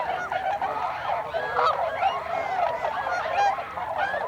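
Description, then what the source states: Tundra swans giving a steady chorus of overlapping hooting calls, several clear rising notes standing out over the crowded background of the flock. Tundra swans, 26 December 2020.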